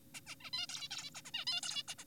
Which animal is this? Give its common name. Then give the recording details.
Zebra Finch. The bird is an adult. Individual g4p5U